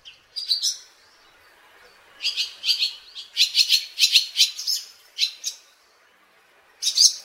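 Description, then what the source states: Barn Swallow song with quick, high chattering notes in clustered bursts, brief gaps between phrases, and a final sharp twitter at the end. Japanese saying holds that business prospers when swallows build a nest.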